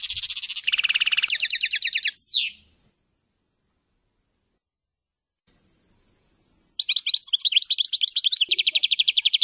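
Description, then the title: European goldfinch song of quick rattling trills and a downward-sweeping note, a long silent gap, then lively tinkling twitters with a buzzy trill. "Chant Chardonneret"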